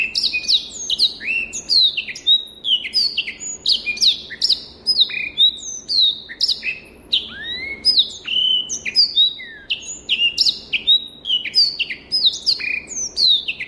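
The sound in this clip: Rüppell's warbler song: a dense, continuous run of scratchy, rattling chatter and short high sweeping notes, delivered rapidly and without pause throughout.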